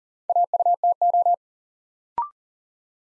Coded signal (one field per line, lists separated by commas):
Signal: Morse code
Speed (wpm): 39 wpm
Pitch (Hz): 700 Hz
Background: none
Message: AUTO